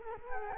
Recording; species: mosquito wingbeat signal from an infrared sensor; Culex quinquefasciatus